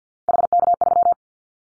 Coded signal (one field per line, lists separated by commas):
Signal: Morse code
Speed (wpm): 48 wpm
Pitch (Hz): 700 Hz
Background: none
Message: HK3